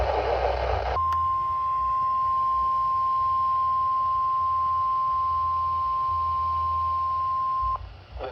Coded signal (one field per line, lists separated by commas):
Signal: Emergency Alert System (SAME) tones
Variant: 1050 Hz attention tone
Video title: MOTHER NATURE IS UNDER PERFORMING - EAS Alerts from August 2025 (EAS #607 - 617)